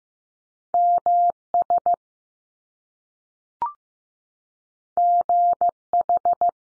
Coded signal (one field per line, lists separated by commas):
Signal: Morse code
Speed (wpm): 15 wpm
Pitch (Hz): 700 Hz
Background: none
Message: M S G H